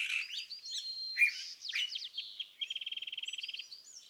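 California thrasher song of harsh scratchy notes, slurred whistles and squeaks, ending in a fast even rattle and a few high upslurred notes.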